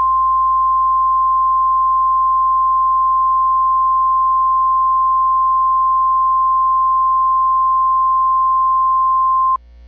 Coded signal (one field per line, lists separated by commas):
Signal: Emergency Alert System (SAME) tones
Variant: 1050 Hz attention tone